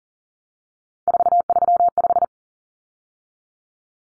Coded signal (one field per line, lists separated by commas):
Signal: Morse code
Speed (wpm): 38 wpm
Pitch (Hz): 700 Hz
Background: none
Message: 435